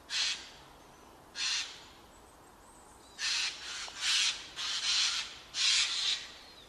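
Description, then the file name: Eurasian jay giving harsh, rasping screeches, two spaced calls followed by a quicker burst of several in succession. "Garrulus glandarius"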